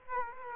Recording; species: mosquito wingbeat signal from an infrared sensor; Culex quinquefasciatus